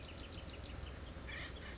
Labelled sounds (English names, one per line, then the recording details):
Acorn Woodpecker
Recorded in Sonoma County, California